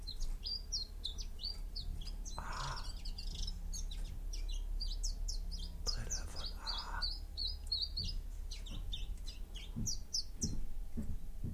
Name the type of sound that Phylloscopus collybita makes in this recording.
song